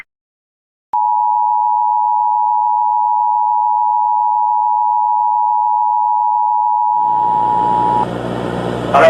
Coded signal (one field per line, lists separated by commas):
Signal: Emergency Alert System (SAME) tones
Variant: 853 and 960 Hz attention tone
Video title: Poland EAS Alarm (2005 - 2013)